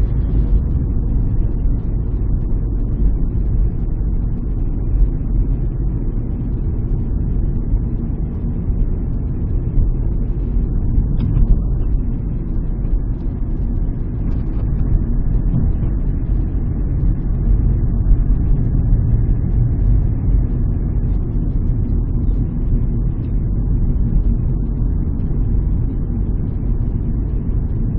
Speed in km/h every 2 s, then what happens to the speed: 38, 36, 36, 37, 36, 35, 34, 33, 33, 35, 36, 35, 37, 37.
0-28 steady at about 36.